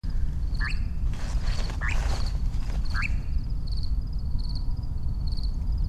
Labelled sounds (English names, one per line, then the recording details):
Eurasian Nightjar flight call
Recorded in the wild
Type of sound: flight call
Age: adult
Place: Schönow, Naturpark Barnim, Brandenburg, DE
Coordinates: 52.6914, 13.5069
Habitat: meadow
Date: 2009-06-08 22:33
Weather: heiter, ca. 20 °C
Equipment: Sound Devices 702, Rode NT1-A Stereopaar
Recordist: Frommolt, Karl-Heinz
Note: Naturschutzgebiet Schönower Heide: Flugrufe eines Ziegenmelkers